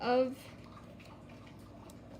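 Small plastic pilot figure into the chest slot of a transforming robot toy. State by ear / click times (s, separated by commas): seated / 1.9 s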